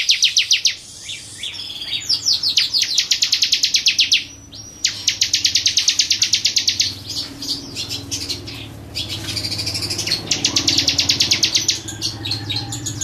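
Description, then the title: Bar-winged prinia song: a rapid series of high, ticking trills in several runs, mixed with short sharp chirps. "Suara Burung Ciblek"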